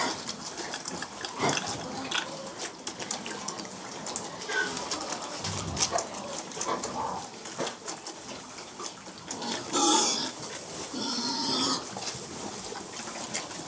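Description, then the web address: Pigs feeding, with scattered grunts and snorts over busy clattering and shuffling noises. Domestic livestock pigs being fed. "The BBC Sound Effects Library. Feeding Pigs"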